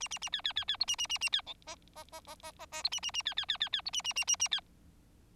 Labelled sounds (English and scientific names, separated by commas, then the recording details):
Bengalese Finch (Lonchura striata domestica) song
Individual Bird4